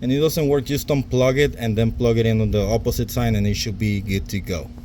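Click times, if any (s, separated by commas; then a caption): none. A man talks throughout while a headlight harness connector is handled next to a new AUXITO LED headlight bulb for a 2014 Chevy 1500, a bulb that has positive and negative orientation. The clip ends before the connector goes home, so nothing has seated or clicked yet.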